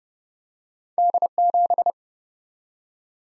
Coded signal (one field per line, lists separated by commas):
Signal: Morse code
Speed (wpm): 29 wpm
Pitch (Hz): 700 Hz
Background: none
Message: D7